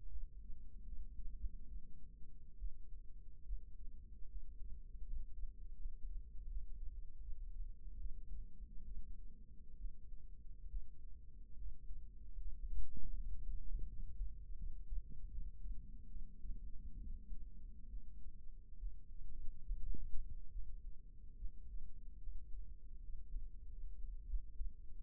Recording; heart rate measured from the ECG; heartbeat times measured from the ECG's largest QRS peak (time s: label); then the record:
heart sounds by microphone in the right ear; 75 bpm
0.11 s: heartbeat
0.85 s: heartbeat
1.68 s: heartbeat
2.58 s: heartbeat
3.45 s: heartbeat
4.28 s: heartbeat
5.04 s: heartbeat
5.77 s: heartbeat
6.48 s: heartbeat
7.20 s: heartbeat
7.97 s: heartbeat
8.84 s: heartbeat
9.77 s: heartbeat
10.69 s: heartbeat
11.56 s: heartbeat
12.38 s: heartbeat
13.14 s: heartbeat
13.86 s: heartbeat
14.57 s: heartbeat
15.29 s: heartbeat
16.08 s: heartbeat
16.99 s: heartbeat
17.89 s: heartbeat
18.78 s: heartbeat
19.64 s: heartbeat
20.51 s: heartbeat
21.37 s: heartbeat
22.20 s: heartbeat
23.01 s: heartbeat
23.69 s: heartbeat
24.26 s: heartbeat
From the record:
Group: healthy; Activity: rest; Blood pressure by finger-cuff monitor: 146/68 mmHg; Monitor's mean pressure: 93 mmHg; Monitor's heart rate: 72 bpm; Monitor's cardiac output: 7.4 L/min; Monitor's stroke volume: 102 mL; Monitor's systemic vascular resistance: 920 dyn s/cm5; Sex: female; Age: 37 years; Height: 168 cm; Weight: 70 kg